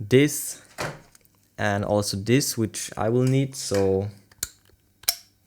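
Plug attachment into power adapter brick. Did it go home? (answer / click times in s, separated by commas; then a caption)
yes / 5.1 s. Someone talks, then an interchangeable plastic plug attachment is pushed onto the power adapter brick for the base station of a solar-powered eufyCam 3 (S330) security system. A short sharp snap at 5.1 s marks the plug attachment seating in place on the brick.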